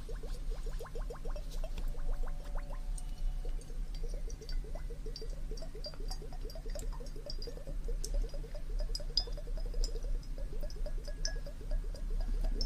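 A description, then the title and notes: Wet ear-cleaning and ear-massage sounds: a fast, steady run of squishy, gurgling clicks that keeps going for the whole clip. Sharper crackles and ticks pop up now and then over a constant low hum underneath. TimASMR- Ear Cleaning & Ear Massage Water Sounds.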